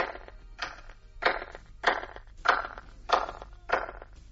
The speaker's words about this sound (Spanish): si viéramos esas mismas palmas en el lado derecho del anillo de piedras exterior de Stonehenge, escucharíamos esto que el doctor Till ha grabado.